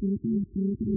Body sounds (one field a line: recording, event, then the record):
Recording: neck accelerometer signal played as sound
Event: no cough (speech, laughter, throat clearing or background)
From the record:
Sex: female